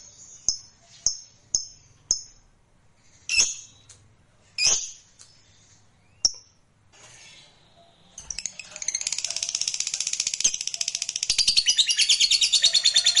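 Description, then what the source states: Lovebird giving a series of spaced short high chirps, then a long rapid chattering trill of dense high pulses. Fighter lovebird performing ngekek panjang, a long trill.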